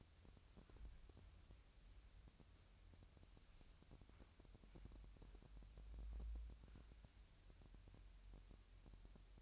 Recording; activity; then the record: daily activity, microphone in the room; wipe stove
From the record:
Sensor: 2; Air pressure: 1003.1 hPa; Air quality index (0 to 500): 201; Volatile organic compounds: 6 ppm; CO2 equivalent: 1906 ppm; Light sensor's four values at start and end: 9/21/9/10 and 9/21/9/10